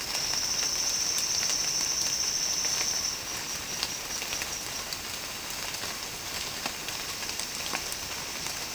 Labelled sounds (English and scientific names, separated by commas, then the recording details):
none
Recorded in secondary vegetation near Puerto Asís, Putumayo, Colombia, on 12 March 2025 at 08:30
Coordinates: 0.485, -76.322
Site G040